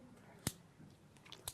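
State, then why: Seated. After loading the chamber, a plastic mouthpiece is pushed back onto the top of a portable vaporizer. A sharp tap sounds at 0.5 s, followed by a few faint clicks. The mouthpiece snaps into place at 1.5 s with a crisp, satisfying snap, seated.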